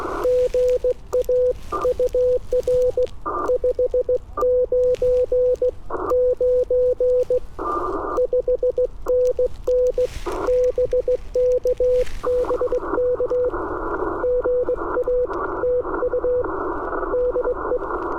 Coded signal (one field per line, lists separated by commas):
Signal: Morse code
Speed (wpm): 17 wpm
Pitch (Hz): 500 Hz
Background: radio noise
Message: GA UR 599 5NN BK BK GA TU DE